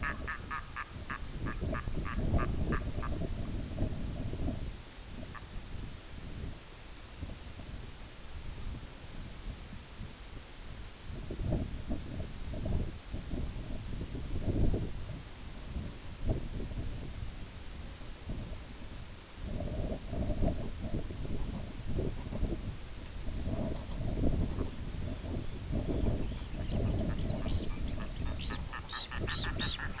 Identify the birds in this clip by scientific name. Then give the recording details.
Gavia stellata, Phalaropus fulicarius. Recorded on Arctic tundra, site IGLO-B, on 19 June 2018. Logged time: 23:59